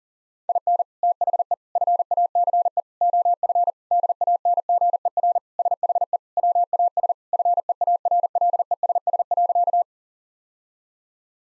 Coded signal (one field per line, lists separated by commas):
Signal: Morse code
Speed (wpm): 40 wpm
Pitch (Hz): 700 Hz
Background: none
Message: IN THE FACE OF DANGER SHE WAS FEARLESS.